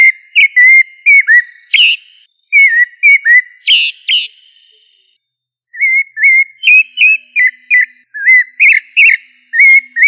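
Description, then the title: Thrush singing pure whistled notes, some rising and some dipping, in rapid series separated by brief silent gaps, against a quiet background. Thrush family; sabiá. "Familia Turdidae - Sabia"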